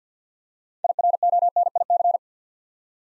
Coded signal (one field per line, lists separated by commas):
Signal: Morse code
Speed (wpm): 50 wpm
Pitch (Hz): 700 Hz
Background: none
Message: IRONIC